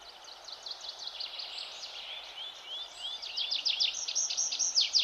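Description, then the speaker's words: Tree Pipit song: faint repeated high notes, then a few slurred whistles, ending in a louder, quick series of sharp repeated notes. Sings intensively in pine monoculture forest and plantations, also during the day, seemingly more than around 5 a.m.; many birds present. "Natomiast posłuchajcie sobie świergotka drzewnego."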